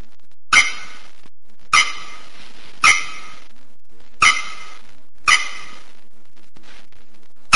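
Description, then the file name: Bearded bellbird song: a series of six sharp, hammer-like metallic clangs spaced a second or more apart, each abrupt and ringing, with near silence between them. Northeastern Brazilian form. "Canto da araponga do nordeste"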